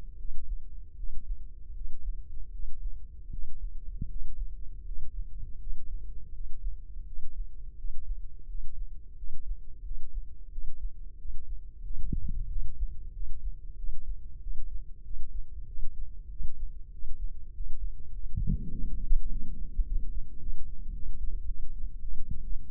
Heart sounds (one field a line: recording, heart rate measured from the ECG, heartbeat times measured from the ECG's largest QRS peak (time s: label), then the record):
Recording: heart sounds by microphone in the left ear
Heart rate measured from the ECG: 91 bpm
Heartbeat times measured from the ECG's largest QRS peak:
0.16 s: heartbeat
0.95 s: heartbeat
1.72 s: heartbeat
2.50 s: heartbeat
3.29 s: heartbeat
4.07 s: heartbeat
4.83 s: heartbeat
5.58 s: heartbeat
6.31 s: heartbeat
7.04 s: heartbeat
7.75 s: heartbeat
8.46 s: heartbeat
9.15 s: heartbeat
9.82 s: heartbeat
10.49 s: heartbeat
11.16 s: heartbeat
11.81 s: heartbeat
12.47 s: heartbeat
13.11 s: heartbeat
13.75 s: heartbeat
14.39 s: heartbeat
15.02 s: heartbeat
15.65 s: heartbeat
16.28 s: heartbeat
16.90 s: heartbeat
17.51 s: heartbeat
18.10 s: heartbeat
18.69 s: heartbeat
19.28 s: heartbeat
19.83 s: heartbeat
20.38 s: heartbeat
20.92 s: heartbeat
21.46 s: heartbeat
22.01 s: heartbeat
22.63 s: heartbeat
From the record:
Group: healthy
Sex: female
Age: 19 years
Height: 163 cm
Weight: 51 kg